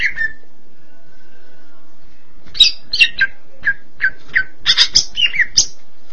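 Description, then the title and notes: Greater green leafbird: cucak ijo song: a brief note, a quiet pause, then a lively run of varied whistles and bright buzzy notes, some sweeping high, repeated in quick succession. Long-duration chirping song. "Suara Kicauan Burung Cucak Ijo Durasi Panjang"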